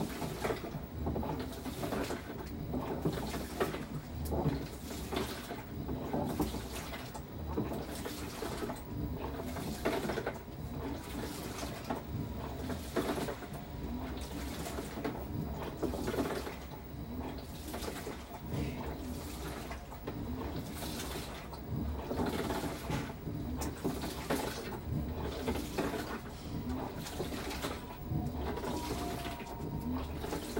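A washing machine churns steadily, its low rumble and sloshing water filling the whole half minute. Brighter whooshing bursts come about once a second, regular as the drum turns back and forth, with a faint thin tone running underneath.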